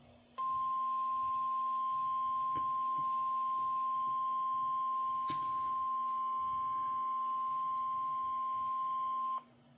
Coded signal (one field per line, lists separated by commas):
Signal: Emergency Alert System (SAME) tones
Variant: 1050 Hz attention tone